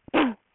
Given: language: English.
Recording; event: throat vibration sensor signal played as sound; cough